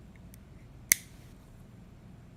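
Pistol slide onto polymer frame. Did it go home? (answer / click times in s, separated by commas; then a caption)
yes / 0.9 s. A pistol slide is pushed down and back onto an assembled polymer Glock 43 frame. After two faint ticks near 0.2 and 0.3 s, a single sharp, bright click rings out at 0.9 s and fades quickly against quiet background noise. The slide locks and is fully seated on the frame.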